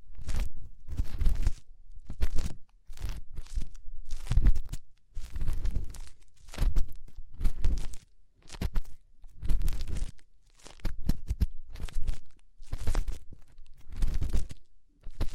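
Fingers rubbing inside the ear make repeated bursts of crackling, crinkly rustle with a heavy low rumble underneath. Each burst lasts about a second, with brief silent gaps between, and they come in a fairly steady rhythm across the whole fifteen seconds.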